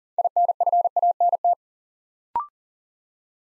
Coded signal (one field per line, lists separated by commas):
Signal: Morse code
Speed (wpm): 41 wpm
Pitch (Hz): 700 Hz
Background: none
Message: INFANT